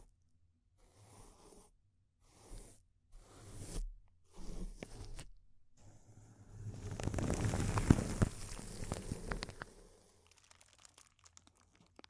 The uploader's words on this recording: ASMR Intense Close-Up Crinkles (No Talking).